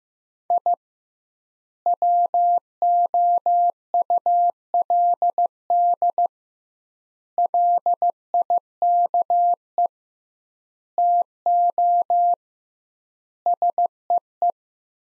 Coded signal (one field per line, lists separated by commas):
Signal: Morse code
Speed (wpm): 15 wpm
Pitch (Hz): 700 Hz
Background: none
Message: I WOULD LIKE TO SEE